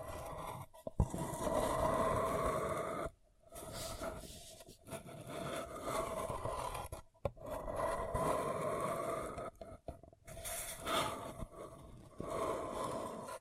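Paper cup tingles: a paper cup is rubbed and scraped in long rough passes, its scratchy sound holding a steady middle tone. Brief silences break the handling near 3, 7 and 10 seconds, and sharp taps or clicks pop out around 1 and 10 seconds.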